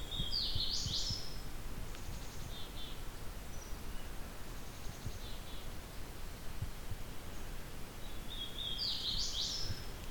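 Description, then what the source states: Hooded Warbler song: a bright, rapid series of slurred whistled notes, given twice about eight seconds apart, with fainter birds and steady background noise. Less familiar song type, found while scouting locations for a bioacoustic recorder in Norfolk, southern Ontario; not considered rare there; a good record for the sanctuary.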